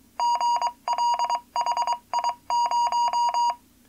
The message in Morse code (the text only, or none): GLHI0